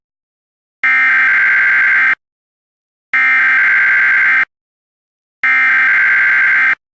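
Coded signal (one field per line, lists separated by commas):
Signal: Emergency Alert System (SAME) tones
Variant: header bursts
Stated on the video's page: Recreated, computer-made Severe Thunderstorm Warning with synthesized voice.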